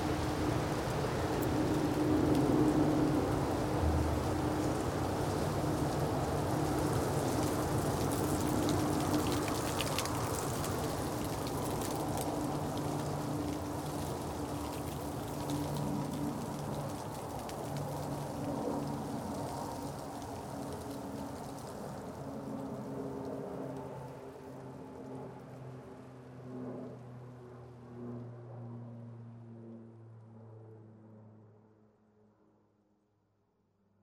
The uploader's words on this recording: We had a major ice storm a couple years ago. I heard how the wind rustled the ice-coated trees and made them crackle. I rushed home and recorded audio of the trees in my backyard using the NT5 mics into the D1600.